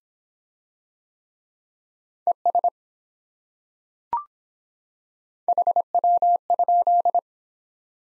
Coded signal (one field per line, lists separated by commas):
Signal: Morse code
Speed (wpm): 25 wpm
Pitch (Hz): 700 Hz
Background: none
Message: ES HW?